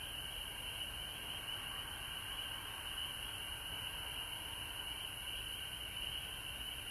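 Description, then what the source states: Frog chorus, an unbroken high-pitched trilling mass of many callers, with a softer lower whine beneath and a steady high hiss. Frogs recorded at home in Georgia on March 19, 2020.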